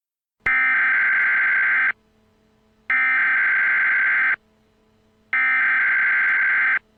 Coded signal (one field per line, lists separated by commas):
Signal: Emergency Alert System (SAME) tones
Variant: header bursts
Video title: EAS Test-Yellowstone Supervolcano Eruption